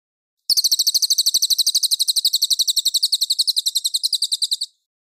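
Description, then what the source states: Mangrove whistler song: one sustained, rapid trill of high notes lasting roughly four seconds before cutting off. Clear call.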